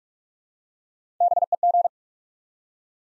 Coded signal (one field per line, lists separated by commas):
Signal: Morse code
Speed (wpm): 44 wpm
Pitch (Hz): 700 Hz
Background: none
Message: BEG